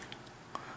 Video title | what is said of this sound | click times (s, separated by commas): 6 plus troubleshooting | so try and find the exact spot and then click okay so that that was a nice click right there | 0.5 s